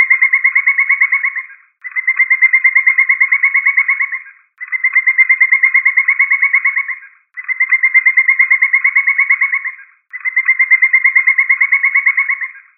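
Woodpecker calling in five long, rapid series of evenly spaced notes, separated by short pauses.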